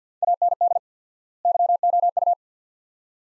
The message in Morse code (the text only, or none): AND YOU